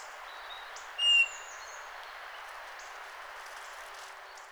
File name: Pyrrhula pyrrhula